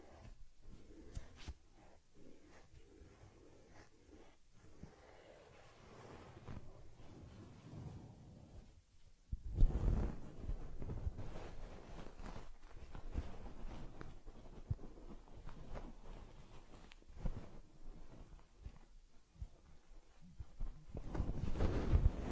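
Handling sounds of grooming a teddy bear: soft rubbing, brushing and fabric scuffs that come in irregular, close-packed bursts. Mostly low and muffled, with brief brighter scratches and taps scattered throughout, a heavier thump near ten seconds and stronger rubbing at the end.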